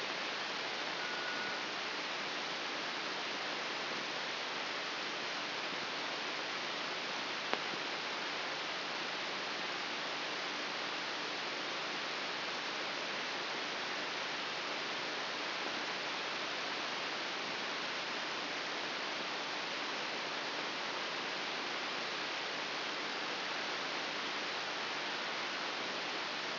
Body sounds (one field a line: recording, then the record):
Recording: brain microelectrode recording played as sound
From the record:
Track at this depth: inside the subthalamic nucleus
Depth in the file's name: 2.1 mm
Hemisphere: left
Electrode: 3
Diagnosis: Parkinson's disease